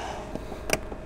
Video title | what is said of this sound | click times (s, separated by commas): BMW 328i Transmission Cooler Line Replacement DIY (2012-2018 BMW F30 335i, 320i, F32 428i, F22 228i) | yeah when you pull it up far enough you hear you'll hear Audible click so that should be it's neutral position | 0.7 s